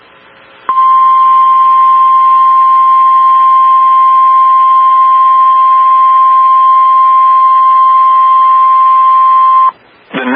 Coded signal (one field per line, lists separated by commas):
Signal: Emergency Alert System (SAME) tones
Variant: 1050 Hz attention tone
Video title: MULTIPLE DAY ALERTS 3 | EAS Alerts from 5/1/25 - 5/3/25